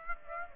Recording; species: mosquito wingbeat signal from an infrared sensor; Aedes aegypti